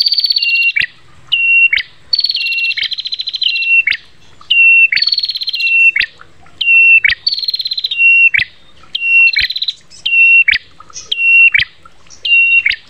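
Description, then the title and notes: Prinia song of high buzzy trills alternating with clear flat whistled notes and sharp clicks, repeated in quick regular bursts. Bird song used for training other birds to sing (masteran, terapi); local name prenjak. "Masteran Terapi Prenjak. Burung Prenjak"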